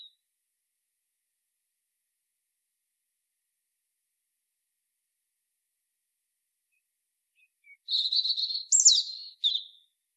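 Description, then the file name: European robin song: after long silence, one short burst of jumbled high warbling with a sharp upward note near the end. "Erithacus rubecula"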